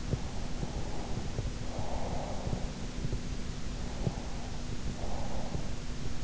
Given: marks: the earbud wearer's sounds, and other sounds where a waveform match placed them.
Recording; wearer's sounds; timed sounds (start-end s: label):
sounds in sleep by an in-ear microphone; breath
0.41-2.62 s: breath
3.86-5.45 s: breath